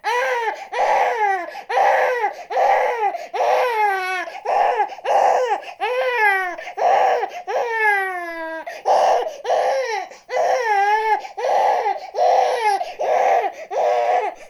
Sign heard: Newborn Baby cry.